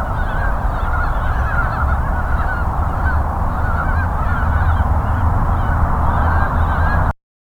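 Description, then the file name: Ezo brown frog chorus of crowded, husky clucking croaks overlapping constantly, with strong low-pitched rumble beneath, ending abruptly. "Rana pirica"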